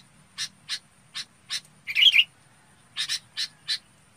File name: tieng chao mao bong hot